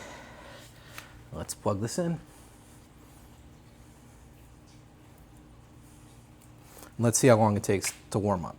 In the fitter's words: Snap that right in.